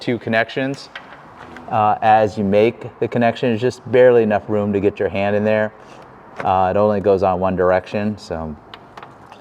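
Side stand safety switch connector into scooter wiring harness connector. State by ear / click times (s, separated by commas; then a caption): seated / 9.0 s. A side stand safety switch's wiring connector is pushed into its mating wiring harness connector on a 2025 or later Piaggio Liberty scooter, in a tight space with just enough room for a hand. Someone talks for most of the clip, then a small click is heard at 8.9 s as the connector seats, followed by a couple of faint ticks.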